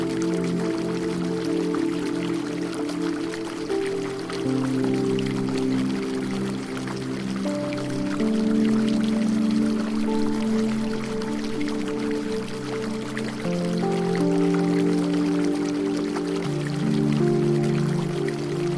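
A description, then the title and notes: Fountain water splashes and trickles steadily under soft, sustained music. Low held chords shift slowly every few seconds, around the fifth, eighth, thirteenth and sixteenth seconds, while fine drips and spatter run continuously above them at an even level throughout. Enchanted Garden Ambiance With Fountain Sounds & Relaxing Music. A captivating fountain dances gracefully, its cascading water producing a symphony of tranquil sounds. With each drop that touches the basin, ripples spread.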